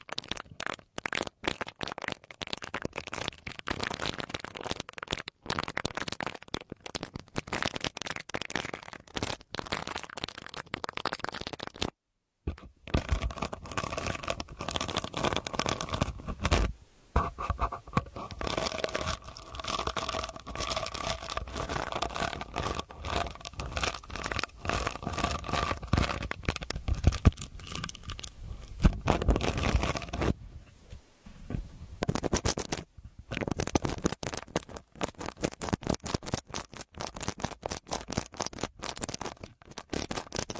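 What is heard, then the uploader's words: An earpick scratches and scrapes in dense, rapid bursts, with brief silent gaps near 12 and 30 seconds and a steadier rubbing stretch between. Earpick to help you remove earwax.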